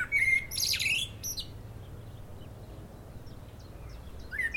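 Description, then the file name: Common blackbird, a fluty whistled phrase ending in a high scratchy twitter, then quiet with faint chirps, and a new phrase beginning at the end. "Turdus merula"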